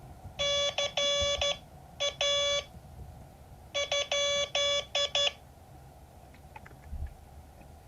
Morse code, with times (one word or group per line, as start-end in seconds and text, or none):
0.4-2.6 CA
3.8-5.3 ?